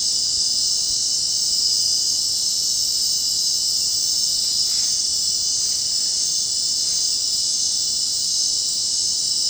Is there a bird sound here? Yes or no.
no